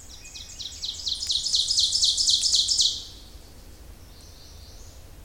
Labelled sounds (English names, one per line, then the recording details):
Ovenbird song
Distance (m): 15 m
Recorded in boreal forest in Alberta, Canada, on 26 May 2016 at 07:52
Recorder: SongMeter 3, array SBT-3-15
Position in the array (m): 52 m, 221 m
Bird 20